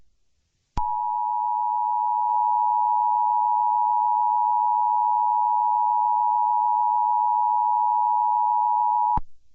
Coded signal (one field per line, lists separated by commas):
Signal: Emergency Alert System (SAME) tones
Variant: 853 and 960 Hz attention tone